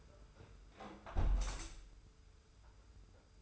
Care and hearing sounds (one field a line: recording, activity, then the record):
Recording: daily activity, microphone in the room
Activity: close window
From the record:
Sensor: 2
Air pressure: 991.1 hPa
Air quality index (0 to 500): 119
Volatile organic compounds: 78 ppm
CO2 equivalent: 3592 ppm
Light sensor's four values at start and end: 36/105/41/40 and 36/106/42/40